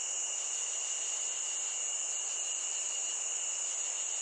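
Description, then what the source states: Short stretch of cricket chorus, a continuous high ringing trill over a softer lower whine, constant throughout. Nature ambience of crickets.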